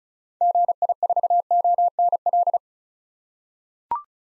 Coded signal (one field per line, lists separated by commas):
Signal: Morse code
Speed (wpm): 36 wpm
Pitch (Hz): 700 Hz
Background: none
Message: GI4ONL